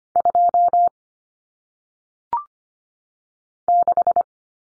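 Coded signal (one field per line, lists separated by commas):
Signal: Morse code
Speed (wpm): 25 wpm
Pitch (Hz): 700 Hz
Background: none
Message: 2 6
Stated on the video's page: Morse cut numbers for single digits at 25 wpm, T, A, N substituting for 0, 1, 9; head-copy drill with each number sent, spoken, then sent again.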